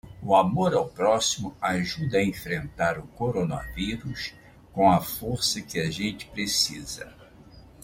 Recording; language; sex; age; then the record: spoken sentence; Brazilian Portuguese; male; 70 to 79 years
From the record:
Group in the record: control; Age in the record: 71 years